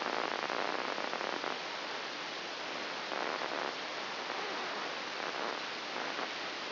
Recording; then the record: brain microelectrode recording played as sound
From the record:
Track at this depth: inside the subthalamic nucleus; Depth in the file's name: 3.602 mm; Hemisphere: right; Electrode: 3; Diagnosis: Parkinson's disease